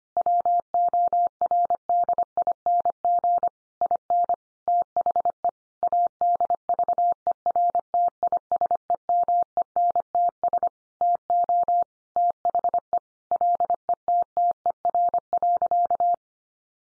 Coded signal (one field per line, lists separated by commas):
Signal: Morse code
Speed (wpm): 25 wpm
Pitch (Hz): 700 Hz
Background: none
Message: WORDING IN THE ADVERTISEMENTS TO THE LETTER.